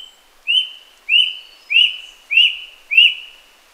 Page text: Rusty-Breasted Cuckoo Call. Quick Sounds